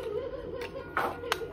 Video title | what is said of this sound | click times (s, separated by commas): Poffertjes eten! - ups en down 306 | hop. En zit hij vast. | 1.0 s, 1.3 s